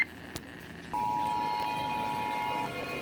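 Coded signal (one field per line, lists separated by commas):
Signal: Emergency Alert System (SAME) tones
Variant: 853 and 960 Hz attention tone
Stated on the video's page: Ohio required monthly test, received from fewer stations than usual, possibly due to delayed activation.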